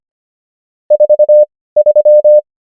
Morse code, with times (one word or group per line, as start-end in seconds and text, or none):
0.9-1.4 4
1.8-2.4 3